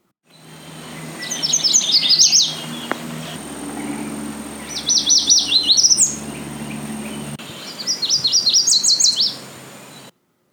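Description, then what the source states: Yellow Warbler song: three bright, high, rapid whistled phrases, tumbling and ending in an accented flourish, over a low steady hum. Males sing this sweet whistled song in summer from the tops of willows, wet thickets and roadsides across almost all of North America.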